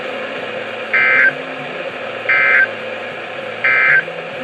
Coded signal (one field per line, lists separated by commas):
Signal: Emergency Alert System (SAME) tones